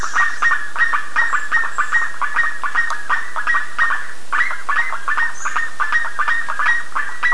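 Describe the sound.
Birds calling together, a steady stream of short, clipped mid-pitched notes overlapping in a busy chorus with a few higher squeaks.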